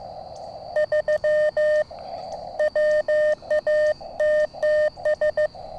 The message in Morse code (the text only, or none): 3 WATTS